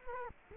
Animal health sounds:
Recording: mosquito wingbeat signal from an infrared sensor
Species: Culex quinquefasciatus

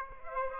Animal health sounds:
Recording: mosquito wingbeat signal from an infrared sensor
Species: Aedes aegypti

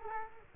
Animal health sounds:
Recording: mosquito wingbeat signal from an infrared sensor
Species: Culex quinquefasciatus

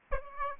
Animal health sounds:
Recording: mosquito wingbeat signal from an infrared sensor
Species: Aedes aegypti

